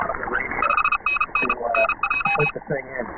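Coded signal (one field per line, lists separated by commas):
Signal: Morse code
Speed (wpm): 29 wpm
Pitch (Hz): 2550 Hz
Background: speech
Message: 5NN NJ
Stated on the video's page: Heard on a 160-meter AM-only net.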